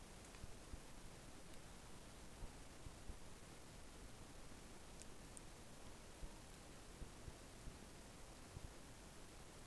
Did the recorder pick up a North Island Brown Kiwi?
no